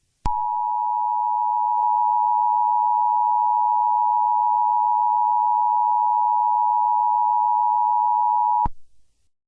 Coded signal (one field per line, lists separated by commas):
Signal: Emergency Alert System (SAME) tones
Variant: 853 and 960 Hz attention tone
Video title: EAS Scenario: Hostage Situation